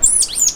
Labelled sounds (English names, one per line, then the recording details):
Stitchbird song
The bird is a male
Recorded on Tiritiri Matangi Island, New Zealand, in 2005
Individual 1, of nest box 1